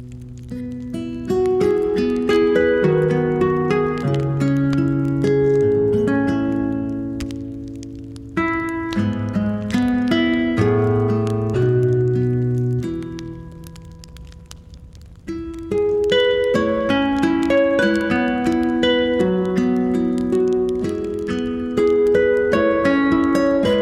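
Soothing music plays clear, with held low bass notes under a gentle, stepping melody and bright chiming tones above. It softens and thins around eight and again near thirteen seconds, then returns fuller at about fifteen seconds.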